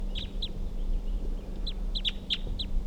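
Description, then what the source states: Crossbill calls, several short sharp high chips, two early and a cluster later, over a low steady hum. Caged male crossbill, bird 327, calling around 5 p.m.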